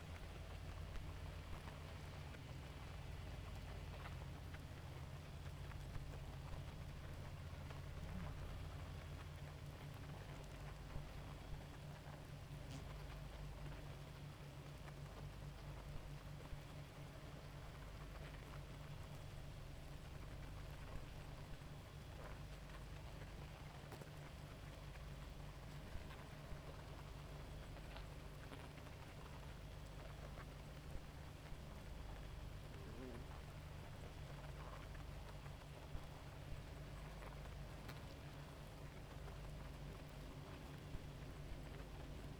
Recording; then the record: honeybee colony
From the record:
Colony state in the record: active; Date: 28 July 2017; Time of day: 2:46